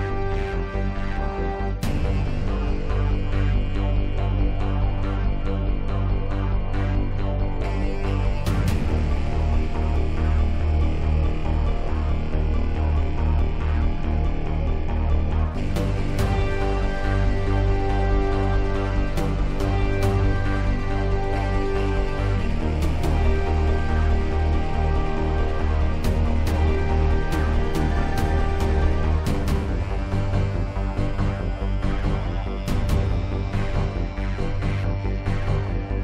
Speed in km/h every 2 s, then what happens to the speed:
129, 127, 127, 127, 127, 127, 126, 119, 114, 111, 114, 116, 121, 124, 126, 129, 132, 134.
0-12 steady at about 127. 12-20 slows to 114. 20-36 speeds up to 134.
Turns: none.